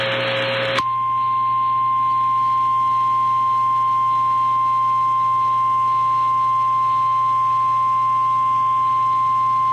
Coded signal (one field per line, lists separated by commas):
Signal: Emergency Alert System (SAME) tones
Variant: 853 and 960 Hz attention tone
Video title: EAS PDS Tornado Warning Northwest Arkansas NOAA Weather Radio (Large Tornado On The Ground!)